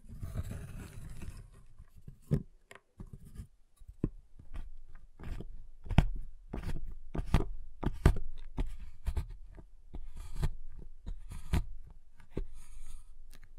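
Dry taps and knocks on a chocolate bar sound in a loose, irregular rhythm, roughly one or two per second, each sharp and brief with a dull low thud beneath. The first second or two carries a soft rustling, crinkly wrapper-like noise.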